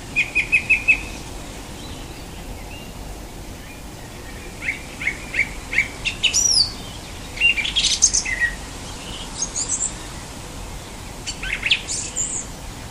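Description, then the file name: Song thrush song: opens with a quick run of identical repeated notes, then after a pause varied chirpy and squeaky phrases with some high slurred whistles. "Golosa ptic - Pevchij drozd"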